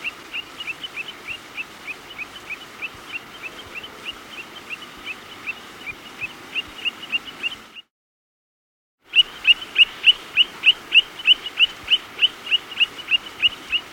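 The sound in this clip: Long-billed plover calling: short, high, rising whistled notes repeated about three times a second, growing louder, with a brief silent break midway and faint background hiss.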